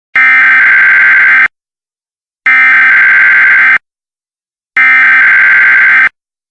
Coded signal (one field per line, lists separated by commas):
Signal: Emergency Alert System (SAME) tones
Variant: header bursts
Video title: EAS Tornado Warning *Fake*